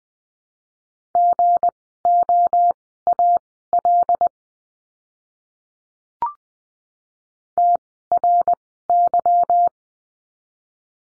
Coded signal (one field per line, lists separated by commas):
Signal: Morse code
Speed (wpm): 20 wpm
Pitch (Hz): 700 Hz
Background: none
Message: GOAL TRY